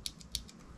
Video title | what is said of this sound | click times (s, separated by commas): Huntvault Elite Nov 2021 Unboxing | locks into place pretty good | 0.4 s